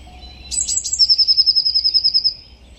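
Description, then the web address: Bird singing: brief high notes open a steady, fast-pulsed trill. "cianscape birddata Deverinetal 2025 File origin Bird Only Cy Ca"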